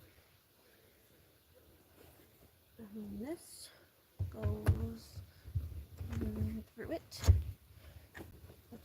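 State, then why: Not seated. A seat latch piece is fed through a car seat fitting, but it is not the right part for this model. Someone talks over a few faint thunks and rattles, and the piece never clicks into place.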